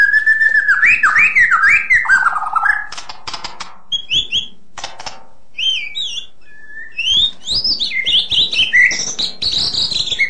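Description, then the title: White-rumped shama song: descending slurred whistles, then harsh clicks and short bursts, pauses, and bright rising and falling whistled notes. Full variation song. "mster Mnuk. KICAUAN MURAI BATU FULL VARIASI"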